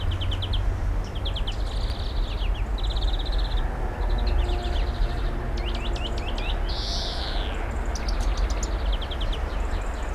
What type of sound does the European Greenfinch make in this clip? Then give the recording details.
song. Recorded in the wild. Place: Oberstdorf, Bayern, DE. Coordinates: 47.415, 10.2603. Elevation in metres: 861. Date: 1980-04-06. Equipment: Uher 4000 Report. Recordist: Tretzel, Erwin